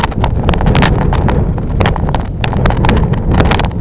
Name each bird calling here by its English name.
none